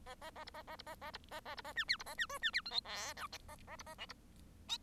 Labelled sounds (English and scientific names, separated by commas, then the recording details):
Bengalese Finch (Lonchura striata domestica) song
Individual Bird1